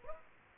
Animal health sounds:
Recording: mosquito wingbeat signal from an infrared sensor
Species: Aedes aegypti

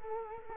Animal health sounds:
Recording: mosquito wingbeat signal from an infrared sensor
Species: Culex quinquefasciatus

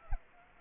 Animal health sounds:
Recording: mosquito wingbeat signal from an infrared sensor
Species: Anopheles arabiensis

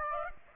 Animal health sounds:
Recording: mosquito wingbeat signal from an infrared sensor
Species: Aedes aegypti

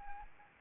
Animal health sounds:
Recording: mosquito wingbeat signal from an infrared sensor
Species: Anopheles arabiensis

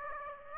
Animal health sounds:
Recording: mosquito wingbeat signal from an infrared sensor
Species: Aedes aegypti

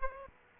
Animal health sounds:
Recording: mosquito wingbeat signal from an infrared sensor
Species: Aedes aegypti

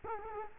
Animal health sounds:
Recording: mosquito wingbeat signal from an infrared sensor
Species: Culex quinquefasciatus

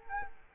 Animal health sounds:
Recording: mosquito wingbeat signal from an infrared sensor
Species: Culex quinquefasciatus

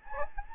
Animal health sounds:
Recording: mosquito wingbeat signal from an infrared sensor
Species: Anopheles gambiae

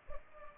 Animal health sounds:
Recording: mosquito wingbeat signal from an infrared sensor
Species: Culex pipiens

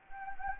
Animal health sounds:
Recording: mosquito wingbeat signal from an infrared sensor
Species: Anopheles gambiae

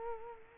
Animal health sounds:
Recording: mosquito wingbeat signal from an infrared sensor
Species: Culex quinquefasciatus

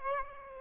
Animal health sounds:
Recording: mosquito wingbeat signal from an infrared sensor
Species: Aedes aegypti

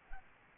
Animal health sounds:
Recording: mosquito wingbeat signal from an infrared sensor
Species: Aedes albopictus

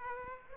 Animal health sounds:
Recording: mosquito wingbeat signal from an infrared sensor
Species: Aedes aegypti

